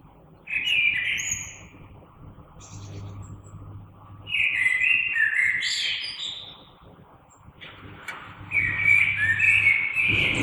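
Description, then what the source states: Common blackbird phrases of mellow whistles with high twittering tails, over a steady low engine-like hum and background rumble. Recorded 3 March 2020.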